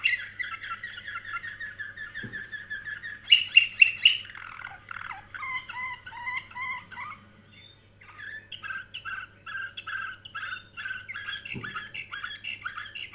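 Canary delivering continuous warbling trills, a sudden loud rapid burst early on, a short break, then steady repeated rolling phrases, with a low hum underneath.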